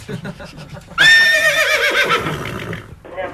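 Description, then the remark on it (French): A horse lets out a loud, drawn-out whinny with bright, wavering harmonics that rises then falls over about two seconds, following soft rhythmic sounds, with a quieter trailing call at the end. “Oui, oui, j'entends les chevaux, là.”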